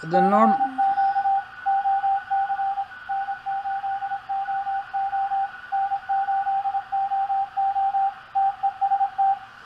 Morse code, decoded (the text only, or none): CQ OC N8OO N8OO TEST